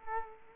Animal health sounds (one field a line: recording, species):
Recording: mosquito wingbeat signal from an infrared sensor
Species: Culex quinquefasciatus